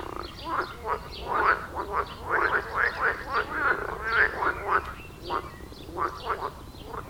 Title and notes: Wohlsborn, Deutschland - Froschkonzert. Frog concert. Froschkonzert am Dorfteich in Wohlsborn. Aufgenommen mit TASCAM DR-40X